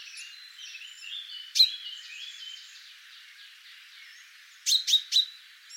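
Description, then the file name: Common chaffinch giving one sharp call, then a quick run of three crisp notes near the end, amid a busy background of varied birdsong. "Fringilla coelebs"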